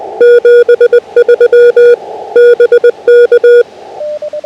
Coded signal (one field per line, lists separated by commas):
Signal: Morse code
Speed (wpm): 20 wpm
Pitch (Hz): 480 Hz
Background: none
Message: 73 BK